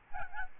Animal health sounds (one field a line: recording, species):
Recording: mosquito wingbeat signal from an infrared sensor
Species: Aedes albopictus